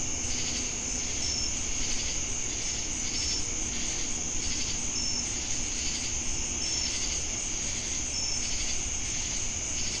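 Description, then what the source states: Constant shrill cricket trill with intermittent short chirps, accompanied by pulsing insect buzzing that swells and fades, plus low background rumble. Recorded with cicadas in Jamestown, North Carolina, on 10 August 2018.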